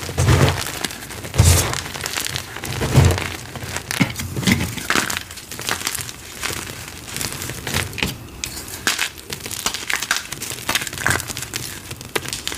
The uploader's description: Glassy Crunchy Gym Chalk Shards & Rolling Pin Crushes